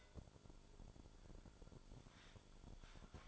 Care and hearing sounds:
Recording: daily activity, microphone in the room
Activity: take from stove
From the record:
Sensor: 5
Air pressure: 1008.2 hPa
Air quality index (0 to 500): 127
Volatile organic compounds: 1 ppm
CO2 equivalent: 972 ppm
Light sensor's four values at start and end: 28/59/25/25 and 28/60/25/25

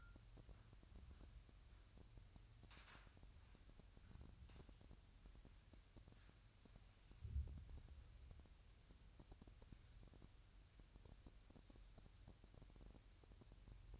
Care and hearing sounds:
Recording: daily activity, microphone in the room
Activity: wipe stove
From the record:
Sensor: 2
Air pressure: 1003.1 hPa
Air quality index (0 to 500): 200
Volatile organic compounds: 6 ppm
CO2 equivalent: 1902 ppm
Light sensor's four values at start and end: 8/20/8/9 and 9/20/9/9

